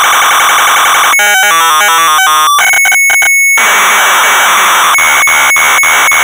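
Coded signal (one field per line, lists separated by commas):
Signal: computer data on cassette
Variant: Amstrad CPC 464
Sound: harsh screeching hiss, rapid buzzy stepped tones, brief dropouts, then loud whining data hiss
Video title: Predator (1987) - Amstrad CPC 464 (Full Tape Rip / Cassette Load)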